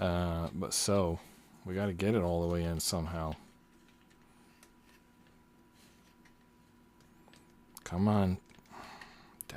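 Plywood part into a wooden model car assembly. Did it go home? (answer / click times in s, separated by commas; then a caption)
no / none. Someone talks while straining to push a plywood part all the way into a Ugears Dream Cabriolet VM-05 wooden model car assembly, followed by a quiet stretch with faint scattered ticks and a few sharp brief ticks near the end. The part does not go in, and nothing has seated or clicked yet.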